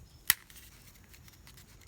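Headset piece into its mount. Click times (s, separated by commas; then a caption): 0.3 s. A plastic part of a Jabra Pro 920 headset is pressed into its mount during installation with a Polycom VVX 411 phone. It snaps in place with one sharp, bright click at 0.3 s, followed by a few faint soft ticks against low background hiss, and the part is seated.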